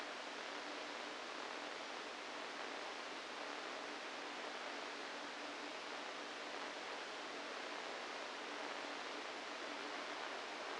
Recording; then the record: brain microelectrode recording played as sound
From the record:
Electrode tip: inside the subthalamic nucleus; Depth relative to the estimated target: 1 mm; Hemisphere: right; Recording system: NeuroSet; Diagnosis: Parkinson's disease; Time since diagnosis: 7 years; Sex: female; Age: 68 years